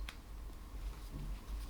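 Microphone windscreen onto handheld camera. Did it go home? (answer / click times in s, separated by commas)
yes / 0.1 s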